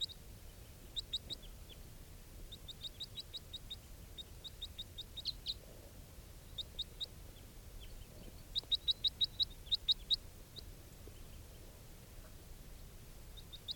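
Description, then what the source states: Crossbill calls, short sharp high chips in quick bursts and runs, on and off throughout, over a faint low background rumble. A flock that has just landed nearby, with bright red males and begging juveniles.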